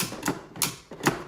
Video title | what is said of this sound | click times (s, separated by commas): Ninja DZ201 Air Fryer - Full guide, Pros, Cons, and Secret tips! | there's that little click sound so you know that it's in | 0.6 s